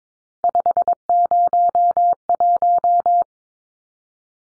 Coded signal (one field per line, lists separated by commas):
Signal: Morse code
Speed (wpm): 22 wpm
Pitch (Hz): 700 Hz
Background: none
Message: 501